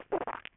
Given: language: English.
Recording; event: throat vibration sensor signal played as sound; swallow